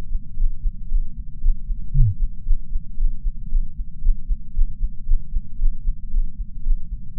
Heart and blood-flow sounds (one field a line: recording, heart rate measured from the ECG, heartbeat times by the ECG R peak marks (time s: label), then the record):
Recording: heart sounds by patch sensor on the chest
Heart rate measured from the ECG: 115 bpm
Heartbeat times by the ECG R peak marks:
0.35 s: heartbeat
0.87 s: heartbeat
1.40 s: heartbeat
1.92 s: heartbeat
2.44 s: heartbeat
2.96 s: heartbeat
3.48 s: heartbeat
4.00 s: heartbeat
4.53 s: heartbeat
5.05 s: heartbeat
5.57 s: heartbeat
6.09 s: heartbeat
6.62 s: heartbeat
7.15 s: heartbeat
From the record:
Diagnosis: coronary artery disease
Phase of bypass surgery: postoperative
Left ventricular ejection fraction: 34.9%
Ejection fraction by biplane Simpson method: 32.7%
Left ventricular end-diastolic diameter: 59 mm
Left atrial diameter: 36 mm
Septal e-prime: 3 cm/s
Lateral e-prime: 7 cm/s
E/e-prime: 12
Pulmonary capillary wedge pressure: 12 mmHg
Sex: male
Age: 49 years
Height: 175 cm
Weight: 80 kg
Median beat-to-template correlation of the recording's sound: 0.90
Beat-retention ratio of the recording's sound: 0.99